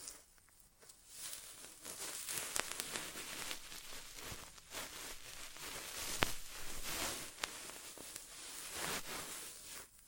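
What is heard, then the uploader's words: An ASMR inner ear exam with no talking: continuous soft rustling and scratching close against the microphone, bright and hissy, rising and falling in dense waves. Sharp little clicks and taps cut through now and then, a strong one near six seconds. ASMR Inner Ear Exam (No Talking).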